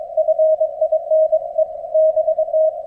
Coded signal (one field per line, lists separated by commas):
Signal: Morse code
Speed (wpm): 25 wpm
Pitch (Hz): 630 Hz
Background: none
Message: FINE BT